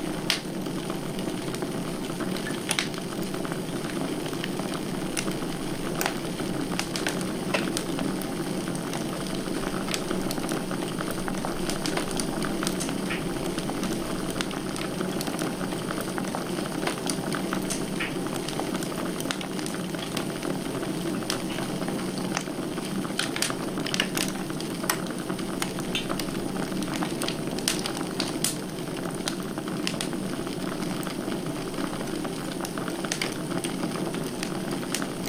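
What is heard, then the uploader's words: A wood fire burns steadily with a low, dense roar, sharp crackles and pops scattered throughout, some clustering around the middle and later. Wood Fire.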